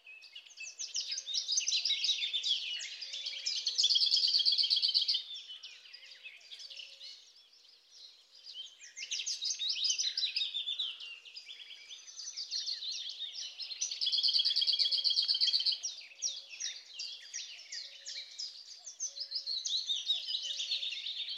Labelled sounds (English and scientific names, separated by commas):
Lesser Whitethroat (Sylvia curruca) song